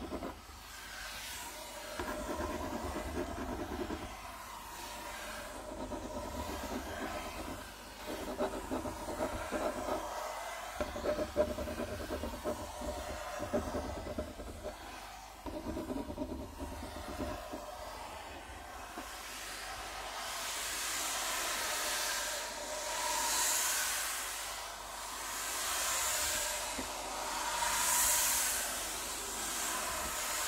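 Rubbing and scratching on a wooden table, gritty and steady at first, then shifting into slow rhythmic sweeping strokes after about twenty seconds.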